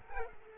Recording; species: mosquito wingbeat signal from an infrared sensor; Culex quinquefasciatus